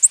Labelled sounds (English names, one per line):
Nashville Warbler flight call